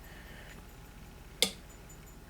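While reassembling the trigger group of an Ithaca M49R lever-action rifle, the metal hammer is moved until it engages the trigger sear in the receiver. A single sharp click is heard at 1.4 s over a quiet background. The hammer has clicked into engagement.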